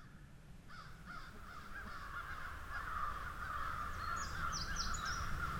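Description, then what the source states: Crow flock cawing, quiet at first and then swelling louder, with a few high thin chirps from another bird near the end. A murder (flock) of crows.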